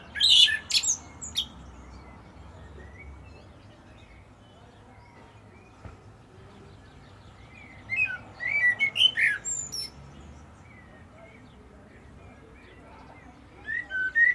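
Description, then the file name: Common blackbird song: scratchy high notes at the start, a long quiet gap, then warbled phrases mid-way and again at the end. "Turdus merula"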